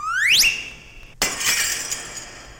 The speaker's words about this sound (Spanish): Instantes después, otra lluvia de zapatos azotó la ventana de Cricri.